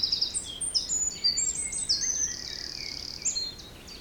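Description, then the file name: Bird song of high trills and quick whistled phrases, partly overlapping. Forest in spring; windy, force 3 Beaufort; recorded at 1 pm. "Forest Spring Birds Windy 3 bft 1 pm"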